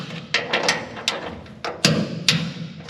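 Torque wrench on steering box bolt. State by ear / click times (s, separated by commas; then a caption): torque reached / 1.8 s, 2.3 s. A click-type torque wrench tightens a steering box bolt on a 1965 Mustang during a steering upgrade, with a series of sharp ratcheting taps. Two louder clicks at 1.8 s and 2.3 s mark the wrench reaching its 60 ft-lb setting.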